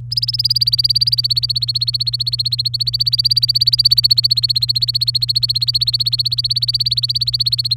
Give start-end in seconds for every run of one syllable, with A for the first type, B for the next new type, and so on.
0.11-7.76 A